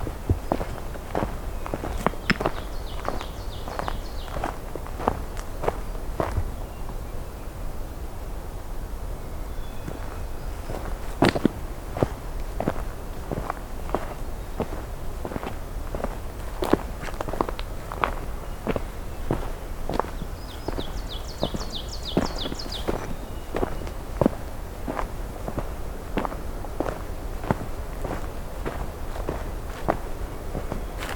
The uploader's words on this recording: A June Morning Hike. It’s my last day at Johnston Harbour for 2022, and I’m doing an early morning hike - despite some overcast weather, the songs are both abundant and diverse.